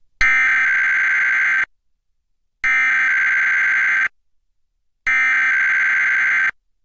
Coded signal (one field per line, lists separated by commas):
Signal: Emergency Alert System (SAME) tones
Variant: header bursts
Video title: EAS #558: EAS Required Weekly Test- Oct. 11, 2021- 11:56AM PDT